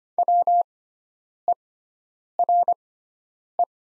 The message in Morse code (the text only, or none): WERE